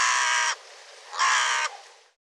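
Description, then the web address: Bird giving a loud grating caw at the start, then a second similar caw after a short gap, with soft hiss beneath. "cianscape birddata Deverinetal 2025"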